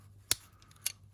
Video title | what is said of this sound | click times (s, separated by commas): MINI Cooper Key Fob Remote How to Replace the Battery (CR2032) – Easy DIY Guide | And you'll hear it snapping as it's coming off. | 0.3 s, 0.9 s